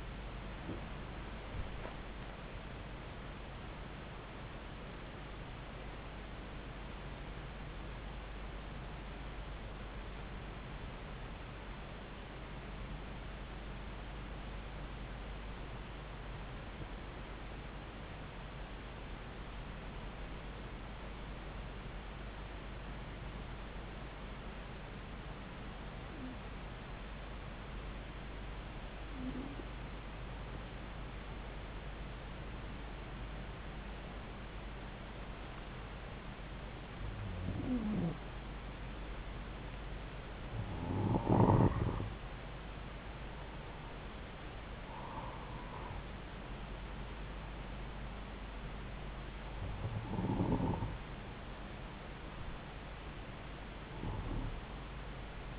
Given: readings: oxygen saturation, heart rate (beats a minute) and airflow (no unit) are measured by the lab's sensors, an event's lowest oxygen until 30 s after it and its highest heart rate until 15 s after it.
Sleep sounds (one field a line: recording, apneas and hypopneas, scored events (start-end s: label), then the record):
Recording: breathing in sleep by a voice recorder at the bedside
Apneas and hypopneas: 1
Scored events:
11.00-35.40 s: hypopnea (N1, oxygen 97% highest, then 92% lowest)
21.00-55.59 s: new sleep stage, N2 (light sleep)
From the record:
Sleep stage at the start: N1 (lightest sleep)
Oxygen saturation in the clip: 90 to 97%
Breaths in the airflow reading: 14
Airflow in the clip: -5.0 to 6.5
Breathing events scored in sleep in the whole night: 270 in 6.1 hours asleep